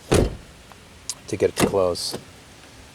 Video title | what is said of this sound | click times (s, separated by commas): 2008 Subaru Outback Sticking Door Latch Repair | You know, so it's closed, it's latching now, but | 1.1 s